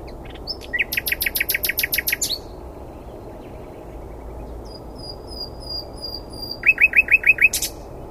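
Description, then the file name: Common nightingale song: a fast run of clipped repeated notes, a soft thin whistled series, then a brief loud burst of repeated notes. "Luscinia megarhynchos"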